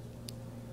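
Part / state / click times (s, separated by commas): bearing retaining clip into fishing reel side plate / seated / 0.3 s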